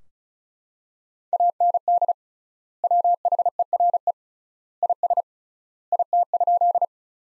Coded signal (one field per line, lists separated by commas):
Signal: Morse code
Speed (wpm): 36 wpm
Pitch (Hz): 700 Hz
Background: none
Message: AND WHERE IS IT?